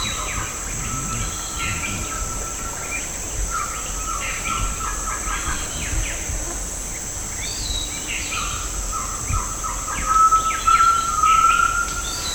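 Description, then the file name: Bird calling with repeated short chirps and several level whistled notes, some breaking into quick pulses, over a steady high drone. "SABIOD 50 bird 2015"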